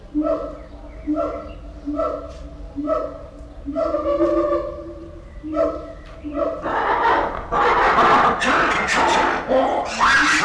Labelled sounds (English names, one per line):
Black-and-white Ruffed Lemur